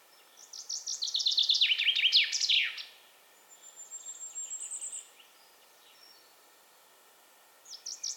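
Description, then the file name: Common chaffinch song, a loud cascading phrase of rapid descending notes, followed by softer high thin notes and the start of another phrase. "Fringilla coelebs"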